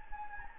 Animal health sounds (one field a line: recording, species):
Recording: mosquito wingbeat signal from an infrared sensor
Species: Anopheles gambiae